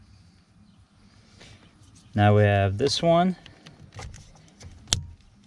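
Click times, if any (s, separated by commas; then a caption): 4.9 s. After the steering coupler on a Kia Optima is replaced to fix a clunking noise, a plastic wiring harness connector under the steering column is pushed into its mating connector while someone talks. A few faint handling taps follow, then a sharp, loud click at 4.9 s shows the connector is seated.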